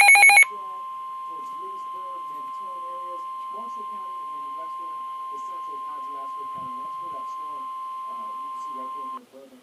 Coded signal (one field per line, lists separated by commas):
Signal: Emergency Alert System (SAME) tones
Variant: 1050 Hz attention tone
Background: speech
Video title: Severe Thunderstorm Warning-(EAS #119)